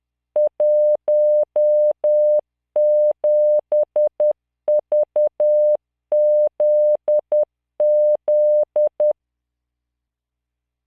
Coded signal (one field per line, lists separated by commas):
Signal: Morse code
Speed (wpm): 10 wpm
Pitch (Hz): 600 Hz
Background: none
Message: 17VZZ